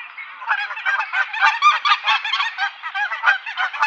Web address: Schulze Peter Canada Goose